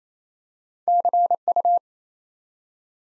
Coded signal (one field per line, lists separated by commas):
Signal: Morse code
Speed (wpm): 29 wpm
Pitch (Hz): 700 Hz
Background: none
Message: CU